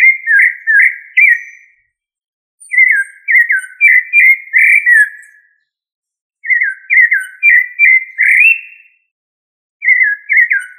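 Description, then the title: Thrush song in three phrases of rich, rolling whistled notes with short pauses between, and another phrase beginning at the end. "Familia Turdidae - Sabia"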